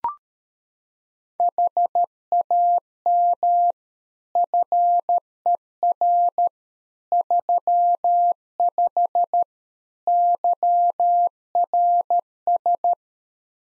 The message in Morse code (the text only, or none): HAM FER 35 YRS